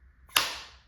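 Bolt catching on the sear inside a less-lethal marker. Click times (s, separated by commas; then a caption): 0.4 s. With a Valken M17 less-lethal conversion marker gassed up, the bolt moves forward until the sear catches it. A single sharp, bright click sounds at 0.4 s over a faint low hum and rings down over about half a second. The bolt is locked against the sear in the ready-to-fire state, the good click that shows nothing is wrong.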